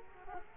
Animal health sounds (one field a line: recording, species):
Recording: mosquito wingbeat signal from an infrared sensor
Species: Culex quinquefasciatus